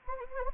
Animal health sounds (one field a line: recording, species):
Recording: mosquito wingbeat signal from an infrared sensor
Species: Anopheles gambiae